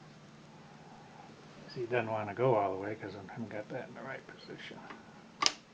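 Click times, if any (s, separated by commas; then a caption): 5.5 s. A stitch cam disc is lined up in the right position and pushed onto its cam holder in a Singer 328K sewing machine while someone talks. A single sharp click at 5.5 s marks the disc locking into place.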